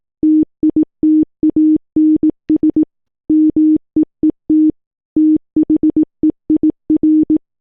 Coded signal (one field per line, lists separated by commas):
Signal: Morse code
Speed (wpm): 18 wpm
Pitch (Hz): 310 Hz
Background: none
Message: TITANS MEET THEIR